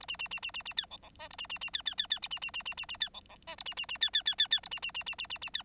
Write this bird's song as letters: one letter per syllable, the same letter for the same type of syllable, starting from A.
A B B B B B B C D D E A B B B C C C C B B B B B B C D D E A B B B C C C C C A B B B B B B B C